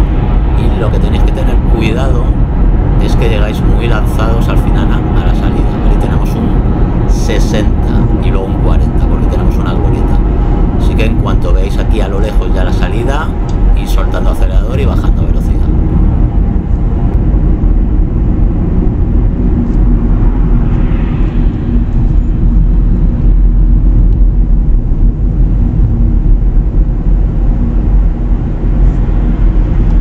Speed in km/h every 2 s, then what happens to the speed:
94, 91, 92, 89, 84, 79, 74, 73, 72, 72, 72, 50, 51, 53, 51.
0-30 slows to 51.